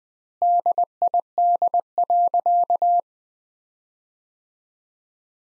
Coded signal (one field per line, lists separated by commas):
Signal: Morse code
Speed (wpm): 21 wpm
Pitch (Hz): 700 Hz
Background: none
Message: DID.